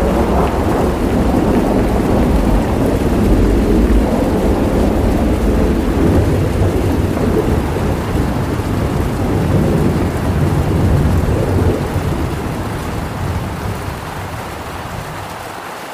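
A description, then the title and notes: Heavy rain pours steadily over a deep, rumbling low roar, likely thunder rolling through the first half. The wash is dense and full, with a rushing, watery undertone, and the whole scene eases slightly quieter toward the end. Thunder & Rainstorm with River Water Sounds.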